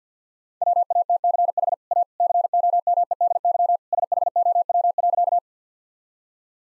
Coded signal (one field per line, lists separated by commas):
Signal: Morse code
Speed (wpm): 50 wpm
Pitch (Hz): 700 Hz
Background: none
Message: WATCH A COMEDY SHOW.